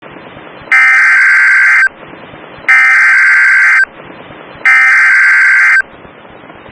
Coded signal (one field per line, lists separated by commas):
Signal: Emergency Alert System (SAME) tones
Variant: header bursts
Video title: Severe Thunderstorm Warning (IN and KY) (3/30/25) [EAS #107]